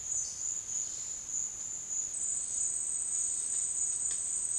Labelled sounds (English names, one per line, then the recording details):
none
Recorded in secondary vegetation near Puerto Asís, Putumayo, Colombia, on 19 June 2025 at 12:30
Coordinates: 0.485, -76.322
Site GP06